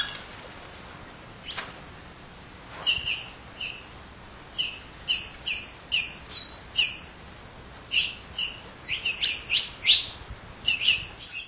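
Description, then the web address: Cave swallow calls, a chattering series of short squeaky two-part notes, irregularly spaced. "Songs of Birds of North America Stokes. Cave Swallow"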